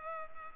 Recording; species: mosquito wingbeat signal from an infrared sensor; Culex pipiens